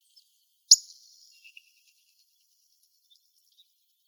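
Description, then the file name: Pyrrhuloxia giving a single sharp, metallic chip note, followed by a few faint softer ticks in an otherwise quiet background. Calls recorded in Arizona. "PYRR CALLS deviche"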